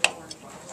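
A CPU cooler's retention clip is pushed over the mounting bracket tab on the second side of the motherboard socket and snaps on with a sharp metallic click at 0.0 s, followed by a fainter tick at 0.3 s. The clip is seated on the bracket and nothing has broken off.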